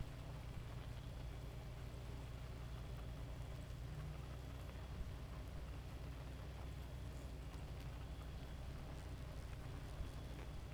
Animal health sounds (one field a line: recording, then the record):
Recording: honeybee colony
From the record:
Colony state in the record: active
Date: 28 July 2017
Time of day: 2:17